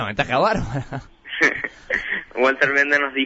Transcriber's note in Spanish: Se ríe